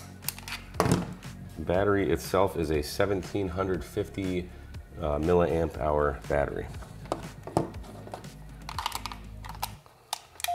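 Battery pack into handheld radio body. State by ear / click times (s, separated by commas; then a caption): seated / 10.4 s. Someone talks while a 1750 mAh plastic battery pack is pushed onto the back of a Yaesu FT-4XR dual-band handheld radio, with several light clicks and taps along the way. The pack snaps into place and latches easily, with a sharp click at 10.4 s.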